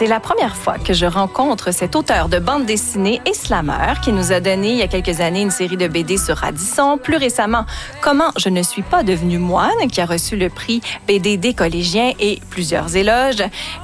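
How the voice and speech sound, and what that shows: A woman speaks fluent, clear French at an even pace with a steady, smooth voice: ordinary speech.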